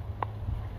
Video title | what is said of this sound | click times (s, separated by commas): Outdoor Poop kit | it pops right in | 0.2 s